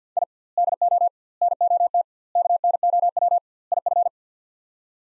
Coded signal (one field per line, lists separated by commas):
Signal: Morse code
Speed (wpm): 47 wpm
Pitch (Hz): 700 Hz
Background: none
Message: I DO NOT KNOW IF